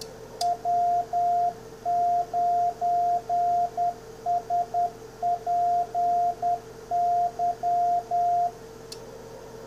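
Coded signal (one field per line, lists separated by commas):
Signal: Morse code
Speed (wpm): 10 wpm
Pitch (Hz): 700 Hz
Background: radio noise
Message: W9SPY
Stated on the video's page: Morse sent with an MFJ-464 CW keyer/reader.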